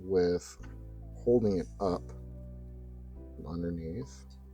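A plastic connecting piece for a USS Enterprise NCC-1701-D model is held up underneath the saucer, ready to be pressed onto its four mounting posts. Someone talks over steady background music. Nothing has seated or clicked yet.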